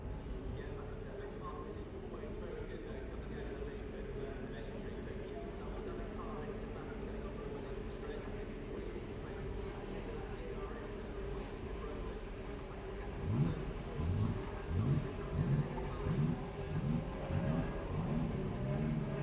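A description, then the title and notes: Formula 3 race cars are heard as a steady, dense low roar with a constant murmur over it for the first thirteen seconds. Around thirteen seconds it turns louder and choppier, with rapid pulsing bursts that rise and fall in pitch until the end. This is a recording of the first fours laps of a Formula 3 race from the 2022 British Grand Prix weekend at Silverstone.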